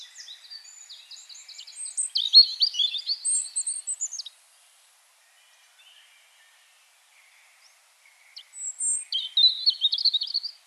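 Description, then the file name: European robin singing a long tumbling, high-pitched warble, a pause of about four seconds, then another sweet trilling phrase. "Erithacus rubecula"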